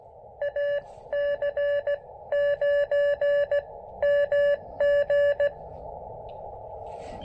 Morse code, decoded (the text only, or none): AC9MG